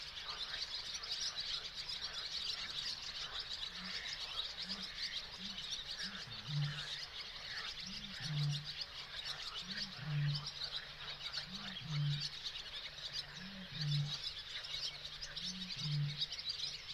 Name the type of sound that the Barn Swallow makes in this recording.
song